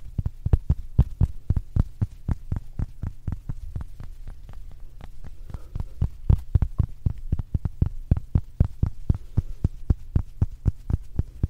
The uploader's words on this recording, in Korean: ASMR 클리오 퍼프 , 파우치 소리 가득.